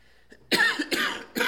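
Productive, junky cough in an adult, present for weeks, heard as three wet bursts.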